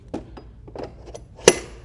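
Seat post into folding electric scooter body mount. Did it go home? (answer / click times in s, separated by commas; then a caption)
yes / 1.5 s. A seat post taken from the storage compartment of a Honda MotoCompacto folding electric scooter is pushed into its mount on the scooter body and clipped down. A few soft knocks and handling taps come first, around 0.1, 0.4 and 0.8 seconds. Then a loud, sharp snap at 1.5 seconds marks the seat seating in place.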